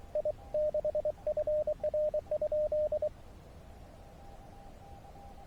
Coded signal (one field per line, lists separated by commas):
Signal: Morse code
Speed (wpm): 23 wpm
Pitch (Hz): 610 Hz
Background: radio noise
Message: I6FR?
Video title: Hike SOTA Fly Repeat